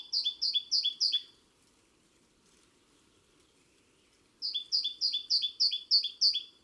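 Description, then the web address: Great tit giving two bursts of rapid paired high notes, separated by a few seconds of faint background noise. "SETE data Parus major"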